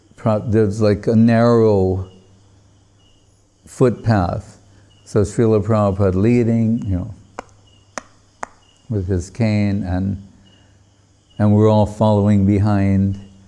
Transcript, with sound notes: there's like a narrow footpath, so Śrīlā Prabhupāda leading... [tapping sound] you know, with his cane, and we're all following behind.